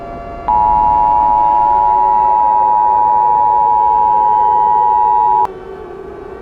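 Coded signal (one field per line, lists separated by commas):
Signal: Emergency Alert System (SAME) tones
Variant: 853 and 960 Hz attention tone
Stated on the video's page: Fictional EAS scenario, simulated.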